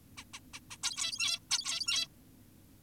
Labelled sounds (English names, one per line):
Zebra Finch